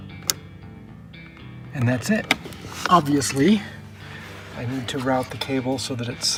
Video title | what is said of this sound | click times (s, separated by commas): Pedal Commander Install | we should hear a click and that's | 0.3 s